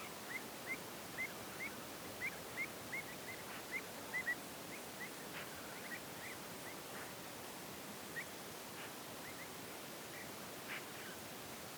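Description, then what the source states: A bird repeating a short, high chirp about twice a second for several seconds, then stopping, with occasional softer notes over steady background noise. Birds heard in a field.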